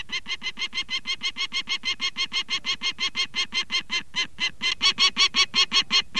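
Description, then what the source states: Peregrine falcon giving a fast, harsh cacking series of many sharp kak notes, growing louder toward the end. Presented as restored wildlife that can be identified by its sounds.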